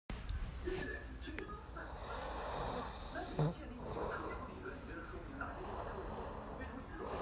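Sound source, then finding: Adult sleeper. Snoring.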